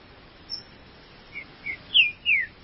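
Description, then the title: Green-winged saltator song building from soft short notes into two strong, downward-sliding whistles. "Trinca Ferro"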